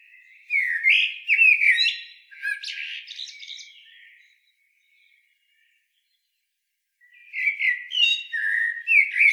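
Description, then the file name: Common blackbird singing: a mellow fluted warble that breaks into squeaky high twittering, a silent gap of about three seconds, then a second fluting phrase begins. "Turdus merula"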